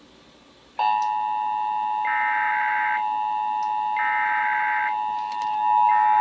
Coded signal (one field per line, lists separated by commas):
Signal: Emergency Alert System (SAME) tones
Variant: 853 and 960 Hz attention tone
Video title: AM/FM Radio/TV (EAS # 504-505) Required Monthly Tests 10/9-10/10/18